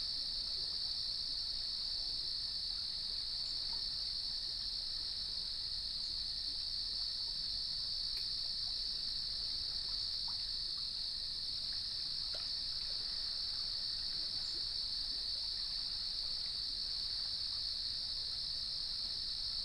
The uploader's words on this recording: Sounds of Leelanau Peninsula: Lighthouse West Natural Area. I placed the recorder and microphone by some gnarled cedar trees, hoping to catch the ambience of the surrounding crickets and cicadas without being overwhelmed by the waves.